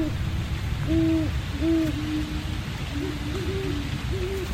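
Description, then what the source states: Great Horned Owl hoots: deep, soft, muffled notes in short stuttering series, two birds overlapping, over steady low background noise. Two owls calling to each other for at least an hour, heard from a tent in a state park in southeastern Pennsylvania, USA.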